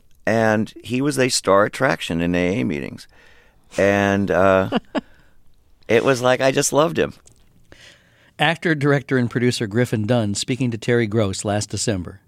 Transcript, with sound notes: And he was a star attraction in the AA meetings. And... (Soundbite of laughter) ...it was like I just loved him.
Actor, director and producer, Griffin Dunne speaking to Terry Gross last December.